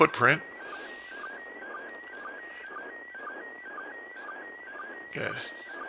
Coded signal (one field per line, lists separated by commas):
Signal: SSTV (slow-scan television)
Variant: PD 120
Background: speech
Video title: Live ISS SSTV pass